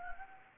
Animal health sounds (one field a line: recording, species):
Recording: mosquito wingbeat signal from an infrared sensor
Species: Anopheles gambiae